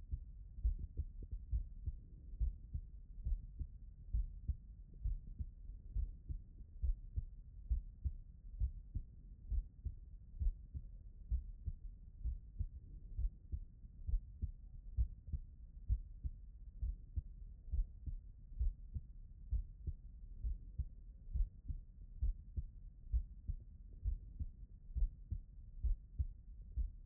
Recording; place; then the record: heart sounds by stethoscope; tricuspid valve (TV)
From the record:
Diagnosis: non-HFrEF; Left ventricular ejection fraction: 71%